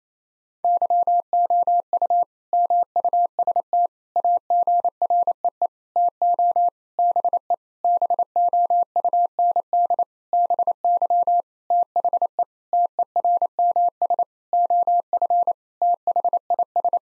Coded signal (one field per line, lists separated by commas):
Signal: Morse code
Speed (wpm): 28 wpm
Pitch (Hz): 700 Hz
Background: none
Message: YOU MUST AGREE TO BE BOUND BY THE TERMS OF THIS